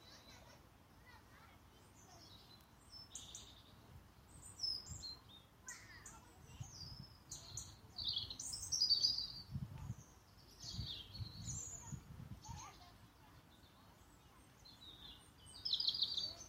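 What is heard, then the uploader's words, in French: Birds call and chirp in a park, with frequent short, bright chirps and trills scattered throughout, some loud near the end. Underneath runs a low rumble, likely traffic or wind, swelling in the middle, with faint murmuring voices. Oiseaux dans le parc des Gayeulles au mois de février.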